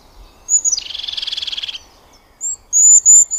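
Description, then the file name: Crested tit call: a high thin note leading into a quick, buzzy purring trill, followed by a few high thin notes. "Cincia Dal Ciuffo"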